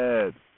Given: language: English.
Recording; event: throat vibration sensor signal played as sound; speech